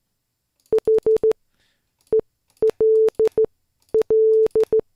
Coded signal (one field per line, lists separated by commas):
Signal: Morse code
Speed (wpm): 15 wpm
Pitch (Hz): 440 Hz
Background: none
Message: HELL